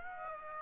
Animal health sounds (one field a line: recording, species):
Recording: mosquito wingbeat signal from an infrared sensor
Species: Aedes aegypti